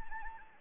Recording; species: mosquito wingbeat signal from an infrared sensor; Anopheles gambiae